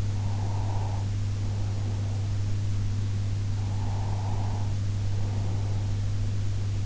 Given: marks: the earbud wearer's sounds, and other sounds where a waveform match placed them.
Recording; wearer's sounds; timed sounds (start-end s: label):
sounds in sleep by an in-ear microphone; breath
0.12-2.27 s: breath
3.44-6.24 s: breath